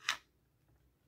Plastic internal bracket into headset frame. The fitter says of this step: snap into place right here and